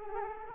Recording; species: mosquito wingbeat signal from an infrared sensor; Culex quinquefasciatus